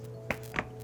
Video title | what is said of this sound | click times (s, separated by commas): Best iPad 10.2 9th (8th & 7th) Keyboard Cases! Also fits iPad Air and iPad Pro 10.5 | it snaps right in fairly easily | 0.3 s, 0.6 s